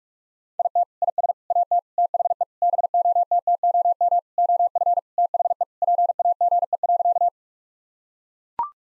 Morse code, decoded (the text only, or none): IT IS AT THE BOTTOM OF THE PAGE.